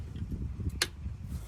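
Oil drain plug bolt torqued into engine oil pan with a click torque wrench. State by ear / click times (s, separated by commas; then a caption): torque reached / 0.8 s. A click-type torque wrench set to 25 ft-lb tightens a steel oil drain plug bolt into the engine oil pan of a Honda Accord hybrid. Soft ratchet ticks come first, then a sharp, bright click at 0.8 s as the wrench breaks over at its setting. The plug is confirmed tight, and someone talks.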